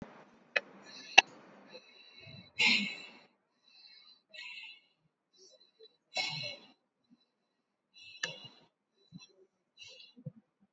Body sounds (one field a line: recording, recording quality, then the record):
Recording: deep breathing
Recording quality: poor, much background noise or distortion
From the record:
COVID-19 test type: RT-PCR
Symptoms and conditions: cough, hypertension, diabetes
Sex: female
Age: 53 years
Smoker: no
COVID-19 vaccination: one dose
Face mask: not worn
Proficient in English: yes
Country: India